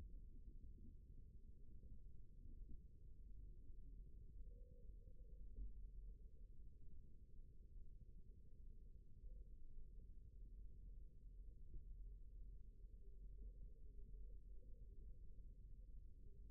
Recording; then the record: forearm muscle sounds (acoustic myography)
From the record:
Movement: rest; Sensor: system 1, eight BSWA MPA416 microphones around the upper forearm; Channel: 4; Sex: male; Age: 20 years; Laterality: left